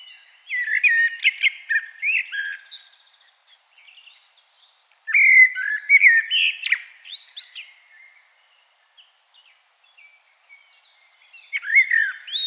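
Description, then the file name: Common blackbird song, three fluty warbled phrases, the first two trailing off in squeaky high chatter. "Turdus merula"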